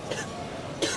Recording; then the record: coughing mixed with background sound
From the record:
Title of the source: 55 gaggy wet cough